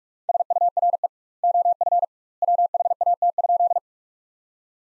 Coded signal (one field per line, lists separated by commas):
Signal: Morse code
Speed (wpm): 41 wpm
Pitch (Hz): 700 Hz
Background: none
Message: SURE OF WHAT?